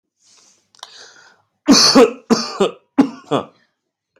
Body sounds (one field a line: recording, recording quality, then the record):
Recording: shallow voluntary cough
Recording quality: excellent, no background noise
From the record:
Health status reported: healthy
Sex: male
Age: 37 years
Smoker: yes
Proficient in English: yes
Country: India